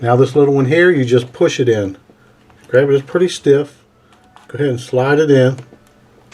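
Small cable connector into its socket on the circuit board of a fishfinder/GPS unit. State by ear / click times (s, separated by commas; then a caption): not seated / none. Someone talks while handling a small, stiff cable connector, sliding it toward its socket on the circuit board of a Humminbird 787c2i fishfinder/GPS unit. Faint handling noises sit beneath the speech, with a small tick near 5.9 s. The clip ends before the connector goes home, so nothing has seated or clicked yet.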